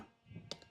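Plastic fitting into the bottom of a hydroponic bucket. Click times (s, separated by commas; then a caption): 0.5 s. A plastic fitting is pushed into the bottom of a Vivosun DWC hydroponic bucket, with a low rustle of handling before it. A sharp click at 0.5 s shows the fitting seating, followed by a fainter tick at about 0.6 s.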